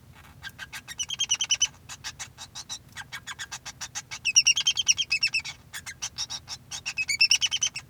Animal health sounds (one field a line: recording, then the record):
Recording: song of a male Bengalese finch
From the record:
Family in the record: son of father 2